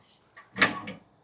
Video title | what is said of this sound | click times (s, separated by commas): My First Time Using a Front Mount Dethatcher (How Did it Go?) | It locks into place with the little notch on the handle there and | 0.6 s